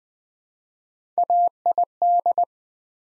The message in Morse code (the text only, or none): AID